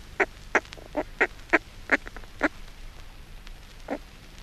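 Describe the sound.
Northern fulmar giving a series of short, harsh clucking notes, about seven in quick succession, then a pause and one more.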